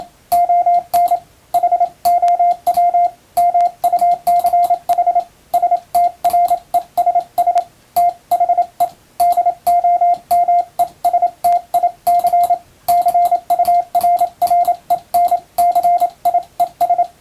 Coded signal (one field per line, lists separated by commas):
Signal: Morse code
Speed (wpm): 27 wpm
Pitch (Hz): 700 Hz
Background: radio noise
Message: ON HOW MUCH STRESS THE DOMESTIC CURRENCIES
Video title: 毎日モールスの受信練習をしよう！普通文の欧文モールス符号をエレキーで打ってみました！ちょっと早いですがYouTubeの再生速度を調整して自分の好みの速さで聴こう morse code practice